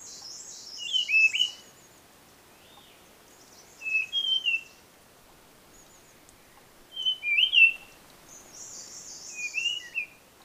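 Blue-fronted robin uttering short whistled slurred phrases every few seconds, alongside a higher, pulsing, buzzy trill.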